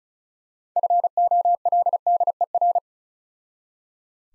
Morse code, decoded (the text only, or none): FOLDER